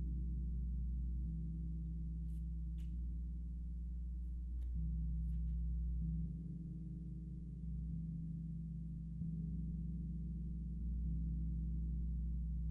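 Singing bowls and a gong hum in long, deep, sustained tones that overlap and swell slowly, with a low rumble underneath throughout. A few brief, bright clicks or taps sound around two to six seconds in, and the drone shifts gently in pitch and weight.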